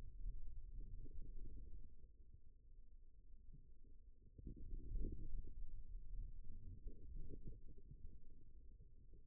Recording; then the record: forearm muscle sounds (acoustic myography)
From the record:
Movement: wrist extension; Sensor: system 2, bracelet of six BSWA MPA416 microphones around the upper forearm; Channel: 6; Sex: male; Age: 22 years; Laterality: right